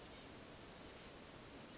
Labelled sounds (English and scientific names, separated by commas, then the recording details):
Chestnut-backed Chickadee (Poecile rufescens)
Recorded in Sonoma County, California